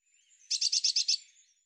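Eurasian blue tit call: a rapid churr of six buzzy high notes in quick, even succession, background otherwise silent.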